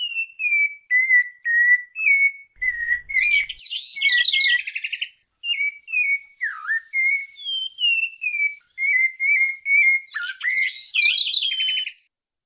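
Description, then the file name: Cocoa Thrush song, fluty whistled phrases broken by bursts of rapid chattering notes, then more short slurred whistles. "sabia da mata"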